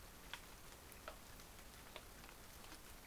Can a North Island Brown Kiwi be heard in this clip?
no